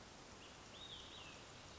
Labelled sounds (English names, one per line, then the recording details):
Olive-sided Flycatcher
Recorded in Sonoma County, California